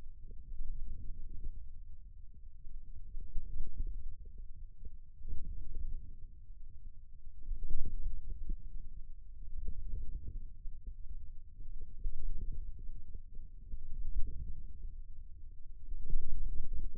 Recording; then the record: forearm muscle sounds (acoustic myography)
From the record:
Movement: wrist flexion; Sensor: system 2, bracelet of six BSWA MPA416 microphones around the upper forearm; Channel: 1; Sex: male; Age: 22 years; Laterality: right